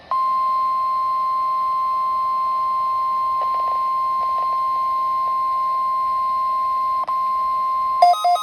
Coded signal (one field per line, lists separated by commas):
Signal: Emergency Alert System (SAME) tones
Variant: 1050 Hz attention tone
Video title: Yet another Required Weekly Test (EAS #5)